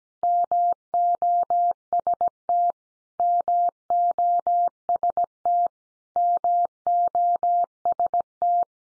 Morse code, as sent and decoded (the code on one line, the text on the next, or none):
-- --- ... - / -- --- ... - / -- --- ... -
MOST MOST MOST